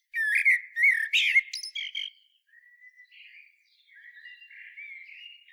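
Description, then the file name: Common blackbird song: loud chattering, squeaky twitters at the start, then softer, drawn-out warbled notes continue quietly to the end. "Turdus merula"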